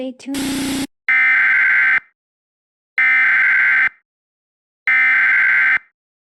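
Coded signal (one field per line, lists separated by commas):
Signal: Emergency Alert System (SAME) tones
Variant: header bursts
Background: speech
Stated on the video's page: Simulated EAS scenario for entertainment, not a real alert.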